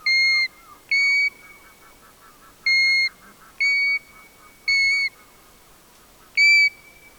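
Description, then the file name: European golden plover whistling pure, mournful notes, six at irregular intervals, with a soft, lower, rapid pulsing chatter behind them. "ljungpipare Pluvialis apricaria"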